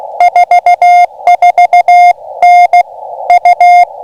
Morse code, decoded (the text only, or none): 44N U